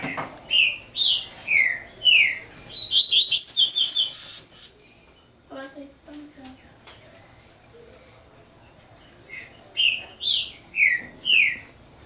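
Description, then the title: Double-collared seedeater song: clear, slurred whistles falling in pitch, delivered in quick series, a rapid chattering burst after the first run, then a quiet gap before another run of descending notes. "Canto Coleiro"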